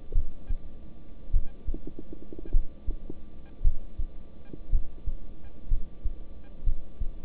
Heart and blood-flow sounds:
heart sounds by stethoscope; between the tricuspid and mitral areas; 55 bpm
0.13 s: heartbeat
1.31 s: heartbeat
2.51 s: heartbeat
3.62 s: heartbeat
4.70 s: heartbeat
5.69 s: heartbeat
6.64 s: heartbeat
From the record:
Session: rest, lying down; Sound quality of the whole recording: good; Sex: male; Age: 26 years

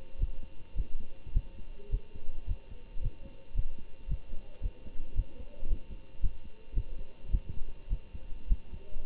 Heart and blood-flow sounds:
heart sounds by stethoscope; between the tricuspid and mitral areas; 108 bpm
0.18 s: heartbeat
0.75 s: heartbeat
1.32 s: heartbeat
1.90 s: heartbeat
2.46 s: heartbeat
3.01 s: heartbeat
3.54 s: heartbeat
4.07 s: heartbeat
4.61 s: heartbeat
5.15 s: heartbeat
5.67 s: heartbeat
6.20 s: heartbeat
6.73 s: heartbeat
7.30 s: heartbeat
7.88 s: heartbeat
8.47 s: heartbeat
9.05 s: heartbeat
From the record:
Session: Bruce protocol treadmill stress test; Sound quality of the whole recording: good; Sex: male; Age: 25 years

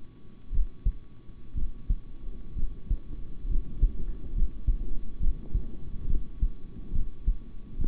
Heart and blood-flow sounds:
heart sounds by stethoscope; between the tricuspid and mitral areas; 66 bpm
0.51 s: heartbeat
1.54 s: heartbeat
2.55 s: heartbeat
3.48 s: heartbeat
4.33 s: heartbeat
5.19 s: heartbeat
6.06 s: heartbeat
6.92 s: heartbeat
7.78 s: heartbeat
From the record:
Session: rest, sitting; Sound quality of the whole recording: good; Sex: male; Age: 26 years

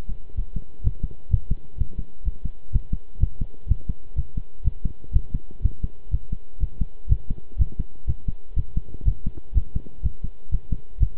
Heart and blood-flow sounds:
heart sounds by stethoscope; between the tricuspid and mitral areas; 124 bpm
0.36 s: heartbeat
0.83 s: heartbeat
1.30 s: heartbeat
1.78 s: heartbeat
2.24 s: heartbeat
2.72 s: heartbeat
3.20 s: heartbeat
3.68 s: heartbeat
4.16 s: heartbeat
4.64 s: heartbeat
5.13 s: heartbeat
5.62 s: heartbeat
6.11 s: heartbeat
6.60 s: heartbeat
7.09 s: heartbeat
7.58 s: heartbeat
8.07 s: heartbeat
8.56 s: heartbeat
9.05 s: heartbeat
9.54 s: heartbeat
10.03 s: heartbeat
10.51 s: heartbeat
10.99 s: heartbeat
From the record:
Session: pedaling a stationary bicycle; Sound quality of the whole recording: good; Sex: male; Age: 23 years

